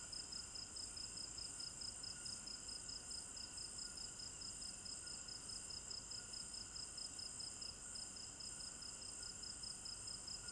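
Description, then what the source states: Night insects: crickets chirping in fast regular high pulses atop a loud continuous hiss-like insect chorus. Recorded at night in a village garden in Africa; binaural stereo recording.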